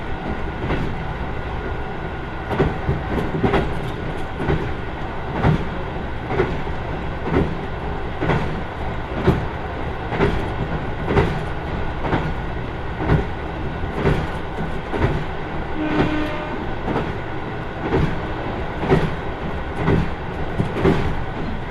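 Riding aboard the Kyushu Odan limited express on the Hohi Line: a steady, dense rumble of the train in motion fills the clip. Sharp rhythmic clicks of wheels over rail joints repeat roughly every second, with a faint high whine running throughout.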